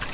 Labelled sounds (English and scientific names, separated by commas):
Yellow-rumped Warbler (Setophaga coronata) flight call